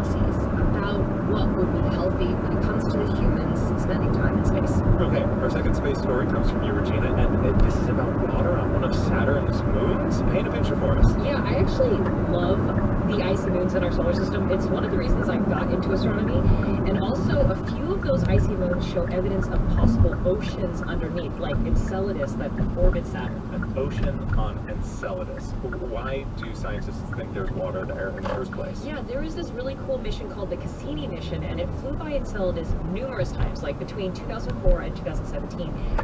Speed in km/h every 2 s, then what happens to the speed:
82, 82, 84, 85, 85, 85, 82, 77, 68, 60, 52, 39, 26, 19, 29, 39, 47, 50.
0-10 steady at about 84. 10-25 brakes to 19. 26-36 speeds up to 50.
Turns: 23-26.